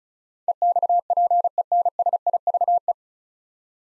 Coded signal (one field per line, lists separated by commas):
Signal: Morse code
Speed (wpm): 36 wpm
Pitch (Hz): 700 Hz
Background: none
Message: EXPENSIVE